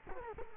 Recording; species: mosquito wingbeat signal from an infrared sensor; Culex quinquefasciatus